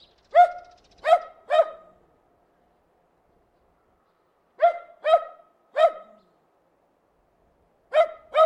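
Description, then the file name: Terrier giving sharp yappy barks in three bursts of two to three barks each, separated by silent pauses of a few seconds. "ANIMAL DOG TERRIER BARKING"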